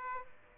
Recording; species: mosquito wingbeat signal from an infrared sensor; Aedes aegypti